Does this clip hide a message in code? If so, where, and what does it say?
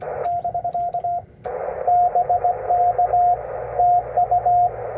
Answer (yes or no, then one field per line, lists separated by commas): yes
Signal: Morse code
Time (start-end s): 0.2-4.7 s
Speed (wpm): 21 wpm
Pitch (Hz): 700 Hz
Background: radio noise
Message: <BK> BK TU